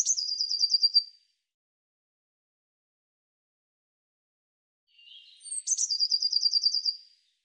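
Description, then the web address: Bird song: the end of a quick high trill, a long silent gap, then a fresh phrase of soft lower notes, a thin high whistle and a rapid trill. "cianscape birddata Deverinetal 2025 File cleaned normalized Bird Cy Ca"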